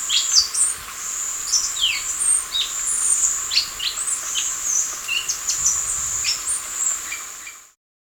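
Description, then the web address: Fawn-breasted tanager singing thin, high, sharp notes in quick irregular bursts, set against a constant shrill insect-like tone, ending abruptly. Ecuador. "Birds of Ecuador. Fawn-Breasted Tanager"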